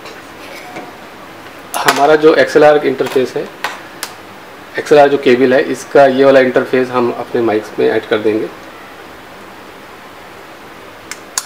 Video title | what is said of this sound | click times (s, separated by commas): How to make small karaoke setup . | ये अच्छे से लॉक हो जाता है और | 11.4 s